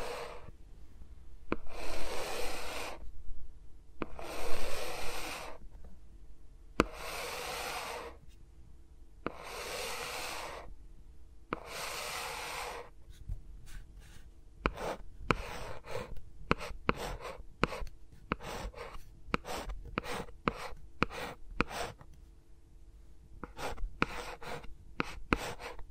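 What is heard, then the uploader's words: ASMR finger sounds with no talking. For the first thirteen seconds, slow rubbing strokes swell and fade about every two seconds. After that come quick, dry taps and clicks in irregular bursts, over a low steady hum. ASMR with Mics Around My Fingers (No Talking).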